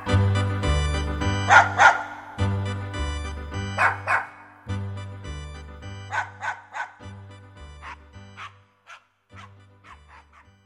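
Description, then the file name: Dachshund barking in short sharp bursts, singly and in quick clusters, fading toward the end over steady low tones. Pet dachshund. "Unser Dackel Dina"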